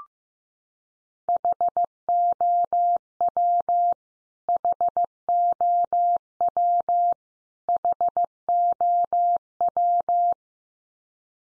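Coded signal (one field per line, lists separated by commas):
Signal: Morse code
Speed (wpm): 14 wpm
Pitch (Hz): 700 Hz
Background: none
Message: HOW HOW HOW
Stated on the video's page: Morse word drill at 15 wpm: common English words each sent three times, then spoken, then sent again, for head-copy practice.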